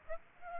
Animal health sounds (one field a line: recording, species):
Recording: mosquito wingbeat signal from an infrared sensor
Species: Aedes aegypti